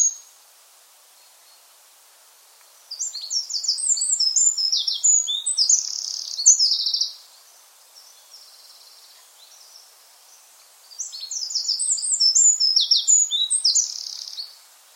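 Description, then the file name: Eurasian wren song: two loud, rapid bursts of high, sharp notes and trills, each lasting about four seconds with a quiet pause between them. "Scricciolo"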